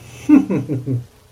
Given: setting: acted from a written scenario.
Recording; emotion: vocal sound without words; amusement